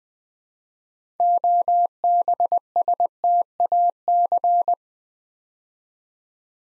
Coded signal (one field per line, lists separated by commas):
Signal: Morse code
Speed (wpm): 20 wpm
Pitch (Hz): 700 Hz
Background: none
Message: OBSTAC